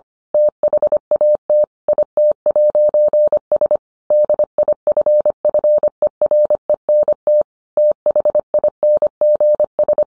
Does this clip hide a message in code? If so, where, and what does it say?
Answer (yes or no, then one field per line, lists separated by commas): yes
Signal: Morse code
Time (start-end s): 0.3-10.0 s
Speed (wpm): 25 wpm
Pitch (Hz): 600 Hz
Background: none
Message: THAT IT'S DIFFERENT THINGS